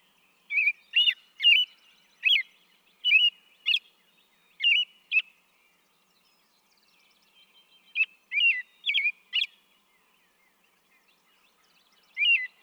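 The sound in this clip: American robin song: fluty caroled phrases in several groups separated by quiet gaps.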